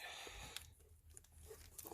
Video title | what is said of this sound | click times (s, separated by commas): JLT Oil Separator Install 2019 Camaro SS | that clicked right in, and | 0.6 s